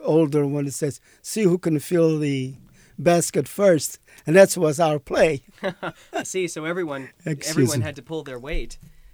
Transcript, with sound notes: older one says, "See who can fill the basket first." And that was our play. ( they laugh )
I see. So everyone had to pull their weight.